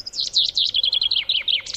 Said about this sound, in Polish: Nadchodzącą wiosnę zwiastują także skowronki, które w ciepłe dni nad polami i łąkami zaczynają loty godowe, wydając charakterystyczne odgłosy dzwonienia.